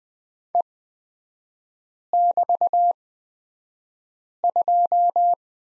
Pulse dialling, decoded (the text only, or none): none